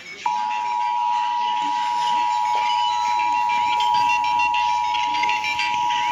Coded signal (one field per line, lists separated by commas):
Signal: Emergency Alert System (SAME) tones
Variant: 853 and 960 Hz attention tone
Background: speech, music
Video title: EAS interrupted BFB